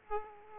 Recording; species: mosquito wingbeat signal from an infrared sensor; Aedes aegypti